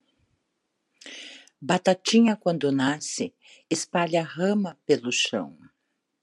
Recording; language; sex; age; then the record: short text; Brazilian Portuguese; female; 60 to 69 years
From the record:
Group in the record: control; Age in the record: 61 years